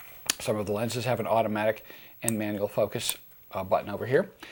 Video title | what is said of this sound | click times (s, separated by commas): Nikon D700 Demo review tips learn buttons | like so it clicks back into position | 0.3 s